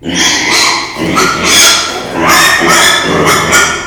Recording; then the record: squeal of a Yucatan mini pig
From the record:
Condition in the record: before surgery on the right vocal fold (resection and tissue-engineered implant); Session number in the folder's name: 2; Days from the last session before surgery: 0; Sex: male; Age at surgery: 12 weeks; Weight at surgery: 13 kg